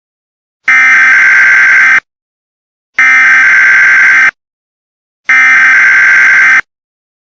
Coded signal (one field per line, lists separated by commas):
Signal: Emergency Alert System (SAME) tones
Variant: header bursts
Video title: Lunar Insanity: A Mini EAS Scenario